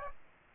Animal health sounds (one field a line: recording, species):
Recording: mosquito wingbeat signal from an infrared sensor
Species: Aedes aegypti